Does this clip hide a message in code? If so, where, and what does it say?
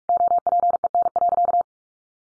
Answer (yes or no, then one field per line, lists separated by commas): yes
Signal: Morse code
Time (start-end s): 0.1-1.6 s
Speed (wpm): 44 wpm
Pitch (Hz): 700 Hz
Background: none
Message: OPEN.